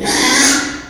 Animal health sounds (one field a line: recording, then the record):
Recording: squeal of a Yucatan mini pig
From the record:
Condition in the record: after surgery on the right vocal fold (resection and tissue-engineered implant)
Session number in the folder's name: 3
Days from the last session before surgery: 33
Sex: male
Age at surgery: 12 weeks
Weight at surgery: 13 kg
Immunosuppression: cyclosporine, prednisolone